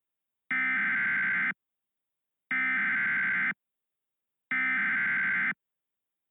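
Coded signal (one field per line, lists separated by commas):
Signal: Emergency Alert System (SAME) tones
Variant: header bursts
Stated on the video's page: Recreation of a Flash Flood Warning using valid EAS tones.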